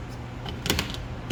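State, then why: Seated. A small quick-grip clamp presses a metal lanyard tube into the lanyard hole of a burlap micarta knife scale for a Spyderco Paramilitary 2. Over a low steady hum, a faint tick comes at 0.5 s, then a sharp pop at 0.7 s with a second click right after at 0.8 s and a lighter one near 1.0 s. The tube seats in the scale at 0.7 s.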